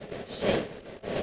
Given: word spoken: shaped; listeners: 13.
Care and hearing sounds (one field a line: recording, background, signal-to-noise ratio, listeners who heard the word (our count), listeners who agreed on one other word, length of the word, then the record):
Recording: one English word in noise, from a listening test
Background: noise modulated by three-talker babble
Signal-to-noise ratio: -5.3 dB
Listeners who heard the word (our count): 0 of 13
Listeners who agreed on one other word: 10 of 13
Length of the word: 0.83 s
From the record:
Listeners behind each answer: 10, 1, 1, 1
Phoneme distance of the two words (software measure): 7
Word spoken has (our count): 1 syllable, 4 phonemes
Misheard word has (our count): 1 syllable, 3 phonemes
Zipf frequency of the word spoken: 4.30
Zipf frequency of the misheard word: 4.90